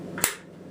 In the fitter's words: typical Bank light this is locking perfectly fine as well too